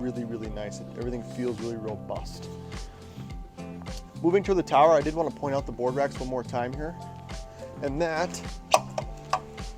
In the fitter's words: swiveling them is super easy they lock into place like so